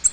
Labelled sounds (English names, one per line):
Nashville Warbler flight call